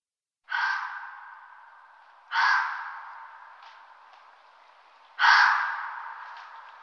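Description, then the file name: Red fox calls: three harsh, hoarse screams, each sharp at onset and trailing away slowly, spaced roughly two to three seconds apart. "volpe"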